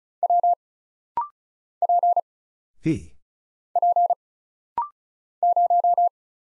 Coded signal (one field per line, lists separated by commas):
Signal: Morse code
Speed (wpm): 36 wpm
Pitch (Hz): 700 Hz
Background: none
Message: W P P 0